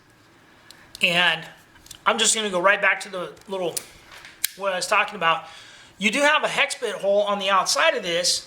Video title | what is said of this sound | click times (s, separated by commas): Leatherman Signal | like I said, this locks into place, and | 0.7 s